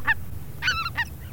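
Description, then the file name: Greater white-fronted goose flock calling: three or four high, yelping honks with strong overtones in quick succession over a steady low rumble. Flock chorus, made for an electronic hunting caller. "Белолобый базар Oche Lombardelle"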